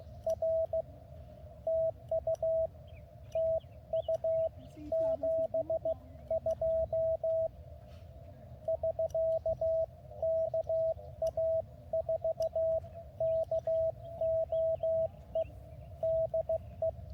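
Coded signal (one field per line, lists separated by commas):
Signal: Morse code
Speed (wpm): 15 wpm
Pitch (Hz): 660 Hz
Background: radio noise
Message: R TU TU 72 <SK> KA4KOE DE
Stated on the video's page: Morse from a park activation in the Angeles National Forest near Mount Wilson.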